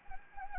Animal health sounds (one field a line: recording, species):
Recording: mosquito wingbeat signal from an infrared sensor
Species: Anopheles gambiae